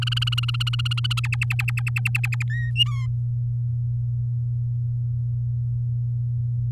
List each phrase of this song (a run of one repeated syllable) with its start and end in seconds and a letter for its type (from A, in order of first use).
0.02-1.20 A, 1.24-2.43 B, 2.50-2.71 C, 2.76-3.06 D